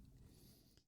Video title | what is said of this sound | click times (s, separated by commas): Webley Army Green "WG" 1896 Replica KIT | You'll feel it pop into this backside. | 0.8 s